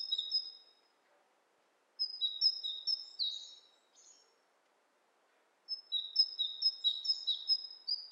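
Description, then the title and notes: Bird calls in three bursts of high, thin twittering chirps, quick overlapping notes separated by short silent gaps. Two birds interacting with each other, lo-fi. "bird dialogs. lo-fi recording of two birds interacting"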